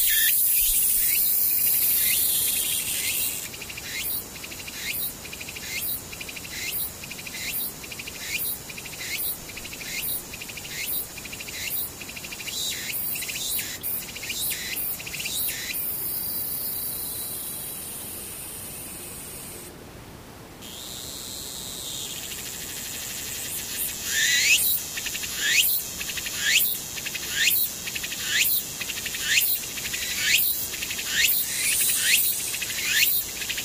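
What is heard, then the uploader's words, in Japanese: A tsukutsuku-boshi cicada calls in fast, regular shrill pulses, pausing near twenty seconds, then resuming louder and quicker over a steady insect hiss. ツクツクホーシからムシ。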